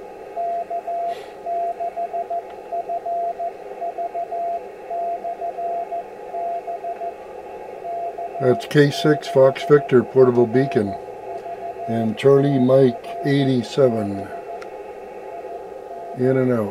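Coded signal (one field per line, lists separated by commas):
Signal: Morse code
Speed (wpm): 15 wpm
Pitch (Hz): 690 Hz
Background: speech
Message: K6FV/B K6FV/B IN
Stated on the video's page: 6 meter beacon heard in central British Columbia on an IC-746 Pro with a 3-element quad.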